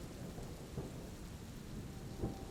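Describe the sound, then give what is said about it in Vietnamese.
Low rolling thunder rumbles steadily beneath a wash of falling rain, with a couple of slightly louder swells in the rumble and no voices. “Lại nói về mình, nằm trên giường, mình đã tỉnh giấc từ lâu khi những tiếng sấm rền vang chợt lóe lên bầu trời.”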